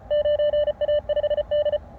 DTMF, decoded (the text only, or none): none